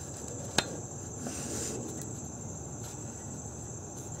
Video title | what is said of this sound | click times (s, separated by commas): Shift Solenoid Valve Testing & Replacement P0751 / P0752 / P0756 / P0757 / P0761 / P0762 | you probably heard it did click make sure you hear that clicking noise that verifies that you have a very good seat | 0.6 s